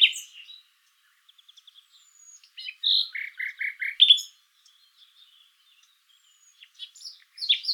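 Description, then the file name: Common nightingale singing a soft chip series, then loud rich notes and a run of repeated low buzzy pulses, with quiet pauses and fresh phrases near the end. "Luscinia megarhynchos"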